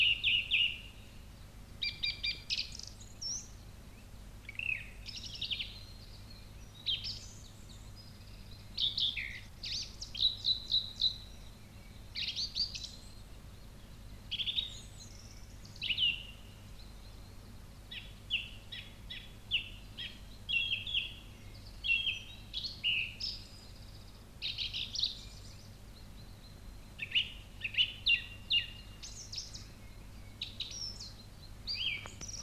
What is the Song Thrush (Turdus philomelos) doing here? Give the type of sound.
song